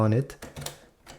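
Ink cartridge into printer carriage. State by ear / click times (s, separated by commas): seated / 0.7 s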